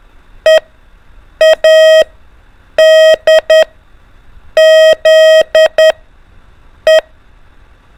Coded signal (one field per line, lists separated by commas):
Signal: Morse code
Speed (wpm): 10 wpm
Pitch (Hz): 630 Hz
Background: none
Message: EADZE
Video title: A - Z ALPHABET ONLY MORSE CODE PRACTICE MODE | LISTEN AND DECODE 5 MINS IN A DAY